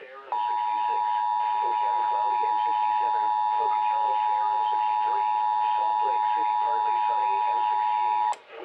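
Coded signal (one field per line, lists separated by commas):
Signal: Emergency Alert System (SAME) tones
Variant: 853 and 960 Hz attention tone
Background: speech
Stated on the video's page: NOAA Weather Radio practice/demo warning on WXK68, sent via CAP by the Boise weather service for Ada County, Idaho.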